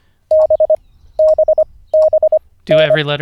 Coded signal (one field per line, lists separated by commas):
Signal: Morse code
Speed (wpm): 25 wpm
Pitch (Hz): 620 Hz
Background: speech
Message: BBBN